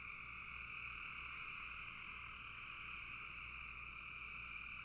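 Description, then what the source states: Frogs in full chorus, a constant high droning trill with no gaps from start to finish. Several frogs calling in a bog.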